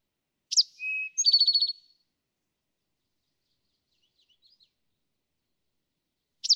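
Eastern towhee delivering one full phrase of sharp note, low whistle and fast trill, a few soft faint chips, then the opening note of the next song.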